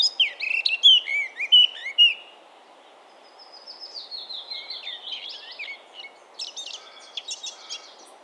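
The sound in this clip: Eurasian blackcap song: loud, clear fluty whistled notes in the first two seconds, then a quieter, rambling twittering warble over steady background hiss.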